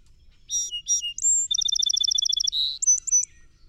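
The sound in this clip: Song sparrow song: paired introductory notes, a piercing sustained whistle, a rapid rattling trill, a brief buzz, then three quick high notes.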